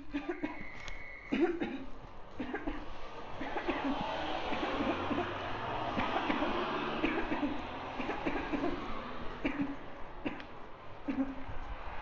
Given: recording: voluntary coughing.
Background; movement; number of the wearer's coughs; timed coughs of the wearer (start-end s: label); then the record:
traffic; walking; 19
0.13-0.33 s: cough
0.41-0.67 s: cough
2.26-2.64 s: cough
2.65-2.91 s: cough
3.29-3.66 s: cough
3.66-3.92 s: cough
4.42-4.70 s: cough
4.70-5.07 s: cough
5.07-5.40 s: cough
5.95-6.24 s: cough
6.24-6.62 s: cough
7.01-7.23 s: cough
7.28-7.63 s: cough
7.97-8.17 s: cough
8.24-8.47 s: cough
8.50-8.75 s: cough
9.42-9.69 s: cough
10.24-10.55 s: cough
11.06-11.43 s: cough
From the record:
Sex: female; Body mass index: 36.4 kg/m2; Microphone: on the chest, facing outward